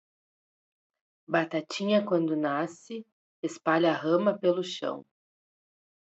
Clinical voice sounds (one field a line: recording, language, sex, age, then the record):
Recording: short text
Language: Brazilian Portuguese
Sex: female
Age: 40 to 49 years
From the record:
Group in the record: control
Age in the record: 45 years